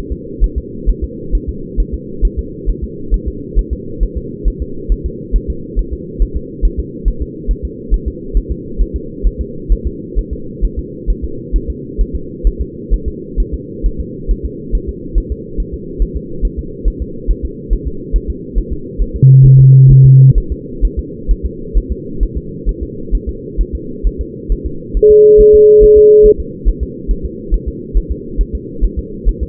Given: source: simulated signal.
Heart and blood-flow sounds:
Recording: fetal heart sounds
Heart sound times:
0.12 s: S2
0.44 s: S1
0.58 s: S2
0.89 s: S1
1.04 s: S2
1.35 s: S1
1.49 s: S2
1.80 s: S1
1.94 s: S2
2.25 s: S1
2.39 s: S2
2.69 s: S1
2.84 s: S2
3.14 s: S1
3.28 s: S2
3.59 s: S1
3.73 s: S2
4.03 s: S1
4.17 s: S2
4.48 s: S1
4.62 s: S2
4.92 s: S1
5.06 s: S2
5.36 s: S1
5.50 s: S2
5.79 s: S1
5.93 s: S2
6.22 s: S1
6.37 s: S2
6.65 s: S1
6.79 s: S2
7.08 s: S1
7.22 s: S2
7.51 s: S1
7.65 s: S2
7.94 s: S1
8.08 s: S2
8.37 s: S1
8.52 s: S2
8.81 s: S1
8.96 s: S2
9.27 s: S1
9.41 s: S2
9.72 s: S1
9.87 s: S2
10.18 s: S1
10.33 s: S2
10.64 s: S1
10.79 s: S2
11.10 s: S1
11.24 s: S2
11.56 s: S1
11.70 s: S2
12.01 s: S1
12.15 s: S2
12.47 s: S1
12.61 s: S2
12.94 s: S1
13.08 s: S2
13.40 s: S1
13.54 s: S2
13.86 s: S1
14.00 s: S2
14.31 s: S1
14.45 s: S2
14.75 s: S1
14.89 s: S2
15.18 s: S1
15.32 s: S2
15.60 s: S1
15.74 s: S2
16.02 s: S1
16.16 s: S2
16.45 s: S1
16.59 s: S2
16.88 s: S1
17.02 s: S2
17.31 s: S1
17.45 s: S2
17.73 s: S1
17.88 s: S2
18.16 s: S1
18.30 s: S2
18.58 s: S1
18.72 s: S2
19.02 s: S1
19.16 s: S2
19.46 s: S1
19.60 s: S2
19.91 s: S1
20.05 s: S2
20.38 s: S1
20.52 s: S2
20.85 s: S1
20.99 s: S2
21.31 s: S1
21.45 s: S2
21.77 s: S1
21.92 s: S2
22.23 s: S1
22.37 s: S2
22.69 s: S1
22.83 s: S2
23.15 s: S1
23.29 s: S2
23.61 s: S1
23.75 s: S2
24.07 s: S1
24.21 s: S2
24.52 s: S1
24.66 s: S2
24.97 s: S1
25.11 s: S2
25.40 s: S1
25.55 s: S2
25.83 s: S1
25.98 s: S2
26.26 s: S1
26.40 s: S2
26.68 s: S1
26.83 s: S2
27.11 s: S1
27.25 s: S2
27.54 s: S1
27.68 s: S2
27.97 s: S1
28.12 s: S2
28.41 s: S1
28.55 s: S2
28.84 s: S1
28.99 s: S2
29.28 s: S1
29.43 s: S2
From the record:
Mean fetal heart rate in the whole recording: 135 bpm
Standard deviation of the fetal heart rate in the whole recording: 3 bpm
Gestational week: 36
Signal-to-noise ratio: -4.3 dB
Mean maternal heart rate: 72 bpm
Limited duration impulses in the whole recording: present

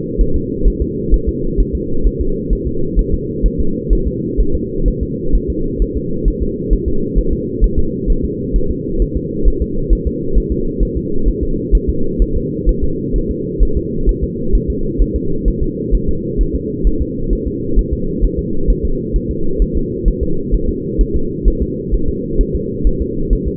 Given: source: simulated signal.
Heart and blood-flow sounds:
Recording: fetal heart sounds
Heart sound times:
0.21 s: S1
0.36 s: S2
0.68 s: S1
0.82 s: S2
1.14 s: S1
1.29 s: S2
1.60 s: S1
1.75 s: S2
2.07 s: S1
2.21 s: S2
2.53 s: S1
2.67 s: S2
2.99 s: S1
3.14 s: S2
3.46 s: S1
3.60 s: S2
3.93 s: S1
4.08 s: S2
4.40 s: S1
4.55 s: S2
4.88 s: S1
5.03 s: S2
5.35 s: S1
5.50 s: S2
5.82 s: S1
5.97 s: S2
6.28 s: S1
6.42 s: S2
6.73 s: S1
6.88 s: S2
7.19 s: S1
7.33 s: S2
7.64 s: S1
7.79 s: S2
8.10 s: S1
8.25 s: S2
8.56 s: S1
8.71 s: S2
9.02 s: S1
9.17 s: S2
9.48 s: S1
9.62 s: S2
9.93 s: S1
10.07 s: S2
10.38 s: S1
10.52 s: S2
10.83 s: S1
10.97 s: S2
11.28 s: S1
11.43 s: S2
11.75 s: S1
11.90 s: S2
12.22 s: S1
12.37 s: S2
12.69 s: S1
12.84 s: S2
13.16 s: S1
13.31 s: S2
13.63 s: S1
13.77 s: S2
14.09 s: S1
14.24 s: S2
14.55 s: S1
14.70 s: S2
15.02 s: S1
15.16 s: S2
15.48 s: S1
15.63 s: S2
15.95 s: S1
16.09 s: S2
16.41 s: S1
16.55 s: S2
16.87 s: S1
17.02 s: S2
17.33 s: S1
17.48 s: S2
17.79 s: S1
17.93 s: S2
18.24 s: S1
18.39 s: S2
18.70 s: S1
18.85 s: S2
19.16 s: S1
19.31 s: S2
19.62 s: S1
19.77 s: S2
20.08 s: S1
20.23 s: S2
20.55 s: S1
20.69 s: S2
21.01 s: S1
21.16 s: S2
21.48 s: S1
21.62 s: S2
21.94 s: S1
22.09 s: S2
22.41 s: S1
22.55 s: S2
22.87 s: S1
23.02 s: S2
23.33 s: S1
23.48 s: S2
From the record:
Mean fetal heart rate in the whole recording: 130 bpm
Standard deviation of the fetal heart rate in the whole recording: 2 bpm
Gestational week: 36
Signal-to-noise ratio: -8.1 dB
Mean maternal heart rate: 72 bpm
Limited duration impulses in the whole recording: absent

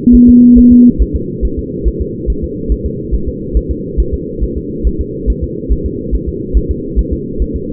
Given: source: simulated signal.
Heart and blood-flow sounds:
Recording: fetal heart sounds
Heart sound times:
0.15 s: S1
0.29 s: S2
0.58 s: S1
0.72 s: S2
1.02 s: S1
1.16 s: S2
1.45 s: S1
1.59 s: S2
1.88 s: S1
2.02 s: S2
2.30 s: S1
2.44 s: S2
2.72 s: S1
2.86 s: S2
3.14 s: S1
3.28 s: S2
3.57 s: S1
3.71 s: S2
4.00 s: S1
4.14 s: S2
4.43 s: S1
4.57 s: S2
4.87 s: S1
5.01 s: S2
5.30 s: S1
5.44 s: S2
5.72 s: S1
5.86 s: S2
6.15 s: S1
6.28 s: S2
6.57 s: S1
6.71 s: S2
6.99 s: S1
7.13 s: S2
7.42 s: S1
7.56 s: S2
From the record:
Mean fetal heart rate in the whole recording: 140 bpm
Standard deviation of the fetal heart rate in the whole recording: 2 bpm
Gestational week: 34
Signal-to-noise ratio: -6.6 dB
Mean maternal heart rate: 72 bpm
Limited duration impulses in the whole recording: present

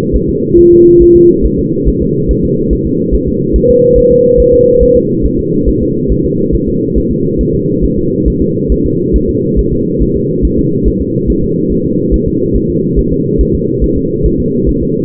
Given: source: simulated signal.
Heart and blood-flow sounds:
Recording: fetal heart sounds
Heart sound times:
0.16 s: S1
0.30 s: S2
0.59 s: S1
0.73 s: S2
1.02 s: S1
1.16 s: S2
1.46 s: S1
1.59 s: S2
1.88 s: S1
2.02 s: S2
2.31 s: S1
2.45 s: S2
2.73 s: S1
2.87 s: S2
3.14 s: S1
3.28 s: S2
3.56 s: S1
3.70 s: S2
3.98 s: S1
4.12 s: S2
4.40 s: S1
4.54 s: S2
4.83 s: S1
4.96 s: S2
5.26 s: S1
5.39 s: S2
5.69 s: S1
5.82 s: S2
6.12 s: S1
6.25 s: S2
6.55 s: S1
6.68 s: S2
6.98 s: S1
7.11 s: S2
7.41 s: S1
7.55 s: S2
7.84 s: S1
7.98 s: S2
8.28 s: S1
8.42 s: S2
8.72 s: S1
8.86 s: S2
9.16 s: S1
9.30 s: S2
9.59 s: S1
9.73 s: S2
10.02 s: S1
10.16 s: S2
10.45 s: S1
10.59 s: S2
10.88 s: S1
11.02 s: S2
11.30 s: S1
11.44 s: S2
11.72 s: S1
11.86 s: S2
12.14 s: S1
12.28 s: S2
12.56 s: S1
12.70 s: S2
12.99 s: S1
13.12 s: S2
13.41 s: S1
13.55 s: S2
13.84 s: S1
13.98 s: S2
14.26 s: S1
14.40 s: S2
14.69 s: S1
14.83 s: S2
From the record:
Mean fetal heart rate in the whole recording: 140 bpm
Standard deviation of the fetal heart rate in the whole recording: 2 bpm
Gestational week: 34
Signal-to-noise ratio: -11.2 dB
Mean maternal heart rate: 72 bpm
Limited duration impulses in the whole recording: present

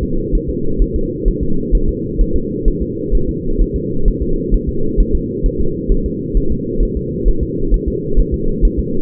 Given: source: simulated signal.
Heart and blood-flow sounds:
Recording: fetal heart sounds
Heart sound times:
0.03 s: S2
0.35 s: S1
0.50 s: S2
0.82 s: S1
0.96 s: S2
1.28 s: S1
1.43 s: S2
1.75 s: S1
1.89 s: S2
2.21 s: S1
2.36 s: S2
2.68 s: S1
2.82 s: S2
3.15 s: S1
3.29 s: S2
3.62 s: S1
3.76 s: S2
4.08 s: S1
4.23 s: S2
4.54 s: S1
4.69 s: S2
5.00 s: S1
5.15 s: S2
5.46 s: S1
5.61 s: S2
5.92 s: S1
6.06 s: S2
6.37 s: S1
6.52 s: S2
6.83 s: S1
6.97 s: S2
7.28 s: S1
7.43 s: S2
7.74 s: S1
7.88 s: S2
8.19 s: S1
8.34 s: S2
8.65 s: S1
8.80 s: S2
From the record:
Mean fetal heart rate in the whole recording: 130 bpm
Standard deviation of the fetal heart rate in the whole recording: 2 bpm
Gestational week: 38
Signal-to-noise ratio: -8.1 dB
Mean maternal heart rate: 72 bpm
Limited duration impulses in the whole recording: absent

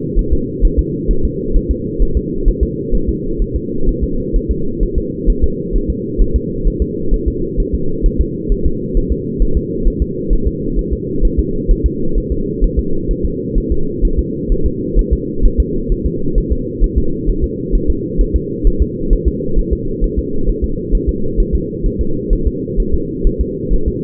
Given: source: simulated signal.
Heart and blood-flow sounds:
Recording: fetal heart sounds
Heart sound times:
0.19 s: S1
0.33 s: S2
0.65 s: S1
0.79 s: S2
1.11 s: S1
1.25 s: S2
1.56 s: S1
1.71 s: S2
2.02 s: S1
2.17 s: S2
2.48 s: S1
2.63 s: S2
2.95 s: S1
3.09 s: S2
3.42 s: S1
3.56 s: S2
3.89 s: S1
4.03 s: S2
4.36 s: S1
4.51 s: S2
4.83 s: S1
4.98 s: S2
5.30 s: S1
5.44 s: S2
5.76 s: S1
5.90 s: S2
6.21 s: S1
6.36 s: S2
6.67 s: S1
6.82 s: S2
7.14 s: S1
7.28 s: S2
7.60 s: S1
7.74 s: S2
8.06 s: S1
8.21 s: S2
8.52 s: S1
8.66 s: S2
8.97 s: S1
9.12 s: S2
9.42 s: S1
9.57 s: S2
9.88 s: S1
10.02 s: S2
10.33 s: S1
10.48 s: S2
10.79 s: S1
10.93 s: S2
11.25 s: S1
11.39 s: S2
11.71 s: S1
11.86 s: S2
12.18 s: S1
12.32 s: S2
12.64 s: S1
12.79 s: S2
13.11 s: S1
13.25 s: S2
13.58 s: S1
13.72 s: S2
14.05 s: S1
14.19 s: S2
14.52 s: S1
14.66 s: S2
14.99 s: S1
15.13 s: S2
15.45 s: S1
15.60 s: S2
15.92 s: S1
16.06 s: S2
16.38 s: S1
16.52 s: S2
16.84 s: S1
16.98 s: S2
17.29 s: S1
17.44 s: S2
17.75 s: S1
17.90 s: S2
18.21 s: S1
18.36 s: S2
18.67 s: S1
18.82 s: S2
19.13 s: S1
19.28 s: S2
19.59 s: S1
19.73 s: S2
20.04 s: S1
20.19 s: S2
20.49 s: S1
20.64 s: S2
20.95 s: S1
21.09 s: S2
21.40 s: S1
21.55 s: S2
21.86 s: S1
22.01 s: S2
22.33 s: S1
22.47 s: S2
22.80 s: S1
22.94 s: S2
23.27 s: S1
23.41 s: S2
23.73 s: S1
23.88 s: S2
From the record:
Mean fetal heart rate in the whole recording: 130 bpm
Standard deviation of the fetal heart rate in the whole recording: 2 bpm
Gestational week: 38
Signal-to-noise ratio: -8.1 dB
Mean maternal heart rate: 72 bpm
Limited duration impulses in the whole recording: absent

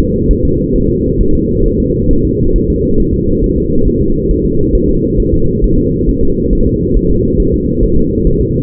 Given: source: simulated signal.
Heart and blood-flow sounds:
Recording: fetal heart sounds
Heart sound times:
0.00 s: S2
0.31 s: S1
0.45 s: S2
0.76 s: S1
0.90 s: S2
1.21 s: S1
1.35 s: S2
1.66 s: S1
1.80 s: S2
2.11 s: S1
2.25 s: S2
2.56 s: S1
2.70 s: S2
3.00 s: S1
3.14 s: S2
3.44 s: S1
3.58 s: S2
3.88 s: S1
4.02 s: S2
4.31 s: S1
4.45 s: S2
4.75 s: S1
4.89 s: S2
5.20 s: S1
5.34 s: S2
5.64 s: S1
5.78 s: S2
6.09 s: S1
6.23 s: S2
6.53 s: S1
6.67 s: S2
6.96 s: S1
7.11 s: S2
7.40 s: S1
7.54 s: S2
7.83 s: S1
7.97 s: S2
8.27 s: S1
8.41 s: S2
From the record:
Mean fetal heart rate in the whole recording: 135 bpm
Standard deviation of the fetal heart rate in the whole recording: 3 bpm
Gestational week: 36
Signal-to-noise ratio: -16.4 dB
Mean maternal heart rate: 72 bpm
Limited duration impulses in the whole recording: present

